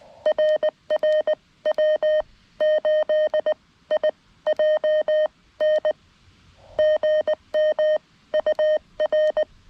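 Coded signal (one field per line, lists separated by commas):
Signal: Morse code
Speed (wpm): 19 wpm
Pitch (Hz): 620 Hz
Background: none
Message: RR W8IJN GM UR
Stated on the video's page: QRP CW Parks on the Air activation from a state forest using a lightweight field kit, with hunters calling.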